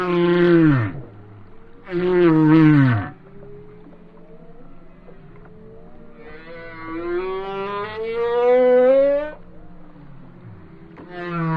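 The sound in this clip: Whale song units: two strong falling moans, then a long slowly rising tonal sweep, and a final moan starting at the end.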